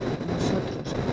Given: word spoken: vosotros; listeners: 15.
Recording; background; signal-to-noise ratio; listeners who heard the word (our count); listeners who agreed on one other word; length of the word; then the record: one Spanish word in noise, from a listening test; noise modulated by three-talker babble; -4.3 dB; 0 of 15; 15 of 15; 0.73 s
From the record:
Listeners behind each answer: 15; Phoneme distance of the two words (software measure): 10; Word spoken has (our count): 3 syllables, 8 phonemes, stress on syllable 2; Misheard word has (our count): 3 syllables, 8 phonemes, stress on syllable 2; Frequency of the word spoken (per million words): 16.79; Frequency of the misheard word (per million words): 267.89